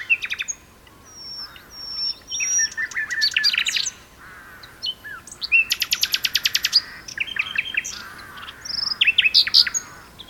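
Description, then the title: Common nightingale song: varied whistles and chirps, a long rapid buzzy trill, then several fast repeated note series with short pauses between phrases. Two nightingales singing in a duet on Westleton Heath. "sanderson. nightingale duet on westleton heath"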